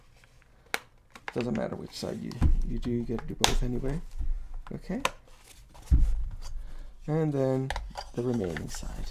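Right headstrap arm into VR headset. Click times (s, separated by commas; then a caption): 0.7 s. The right-side plastic arm of a replacement headstrap is snapped into a Meta Quest 2 VR headset, giving one loud, sharp click at 0.7 s. The arm seats, and someone then talks over faint handling noises.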